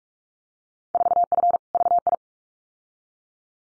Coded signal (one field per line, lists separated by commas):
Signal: Morse code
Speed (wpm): 44 wpm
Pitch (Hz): 700 Hz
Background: none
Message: 4F VI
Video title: Field Day Exchange 45wpm